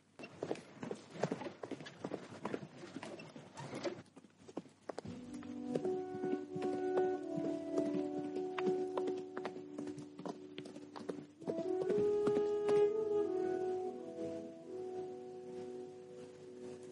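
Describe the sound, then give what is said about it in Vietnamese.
Rapid, sharp hoofbeats of three prized horses clip-clop in a quick, steady rhythm, loud at first; after a few seconds a sustained, harmonic tonal drone rises and plays beneath the continuing hooves. “Chỉ khi mà rời khỏi địa phận của Đình Châu, hắn mới dẫn 3 con ngựa quý chạy về trung thổ trước.”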